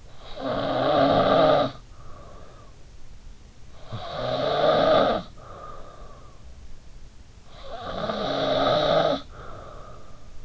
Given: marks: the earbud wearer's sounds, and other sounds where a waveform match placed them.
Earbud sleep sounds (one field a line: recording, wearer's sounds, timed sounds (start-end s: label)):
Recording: sounds in sleep by an in-ear microphone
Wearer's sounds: snoring breath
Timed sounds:
0.00-6.83 s: snoring breath
7.06-10.45 s: snoring breath